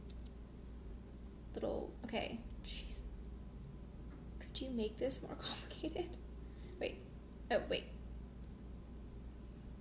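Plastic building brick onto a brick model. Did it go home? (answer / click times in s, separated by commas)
no / none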